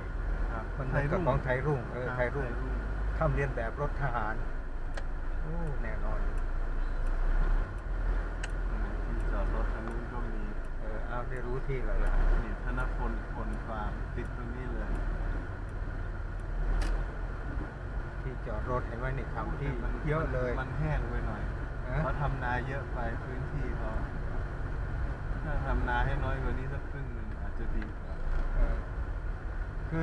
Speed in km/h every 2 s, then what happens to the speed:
14, 13, 13, 11, 11, 11, 10, 10, 10, 10, 11, 14, 16, 17, 17.
0-19 steady at about 11. 19-25 speeds up to 17.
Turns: none.